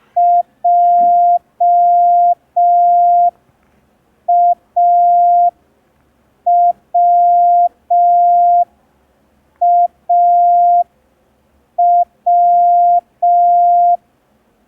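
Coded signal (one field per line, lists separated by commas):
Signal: Morse code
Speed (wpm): 5 wpm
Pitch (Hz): 700 Hz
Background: none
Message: JAWAW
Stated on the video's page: Day 3 of a ten-day Morse code learning tutorial.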